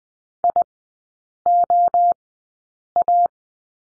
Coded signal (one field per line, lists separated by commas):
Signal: Morse code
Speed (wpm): 20 wpm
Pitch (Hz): 700 Hz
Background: none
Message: IOA